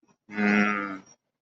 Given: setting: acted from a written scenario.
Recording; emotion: vocal sound without words; pride